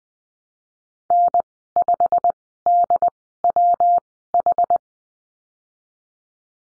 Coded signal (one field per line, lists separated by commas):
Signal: Morse code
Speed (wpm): 20 wpm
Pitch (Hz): 700 Hz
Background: none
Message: N5DWH